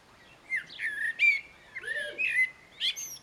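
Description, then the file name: Common blackbird warbling a string of mellow, slurred whistles with squeaky high overtones, plus one softer, lower note in the middle. "Turdus merula"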